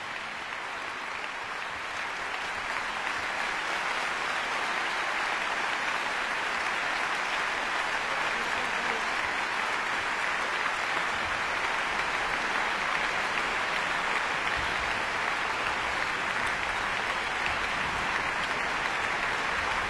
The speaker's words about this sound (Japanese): まだまだ拍手が続いています。